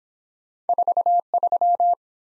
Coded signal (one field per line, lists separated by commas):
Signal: Morse code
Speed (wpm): 24 wpm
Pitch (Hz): 700 Hz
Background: none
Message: 43